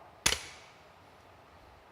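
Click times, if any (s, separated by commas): 0.3 s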